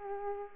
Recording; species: mosquito wingbeat signal from an infrared sensor; Culex pipiens